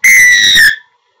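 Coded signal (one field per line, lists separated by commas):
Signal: whistle signal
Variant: rugby referee whistle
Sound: one loud, shrill referee whistle blast lasting under a second, pitch dipping slightly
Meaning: Start of each half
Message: 1 long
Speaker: when you start each hug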